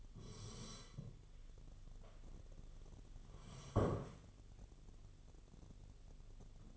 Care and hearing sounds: daily activity, microphone in the room; sit down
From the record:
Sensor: 4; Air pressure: 1016.2 hPa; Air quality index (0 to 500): 196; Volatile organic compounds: 10 ppm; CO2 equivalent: 2238 ppm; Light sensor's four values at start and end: 9/19/8/7 and 9/19/8/7

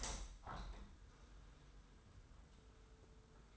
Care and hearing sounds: daily activity, microphone in the room; open window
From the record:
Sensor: 3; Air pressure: 990.3 hPa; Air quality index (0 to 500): 179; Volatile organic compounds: 1000 ppm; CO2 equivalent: 5797 ppm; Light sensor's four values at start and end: 33/79/32/29 and 33/79/32/30

